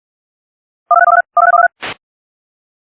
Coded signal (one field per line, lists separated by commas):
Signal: DTMF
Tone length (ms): 60 ms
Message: 123123123123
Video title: (SPECIAL) silver alert EAS #6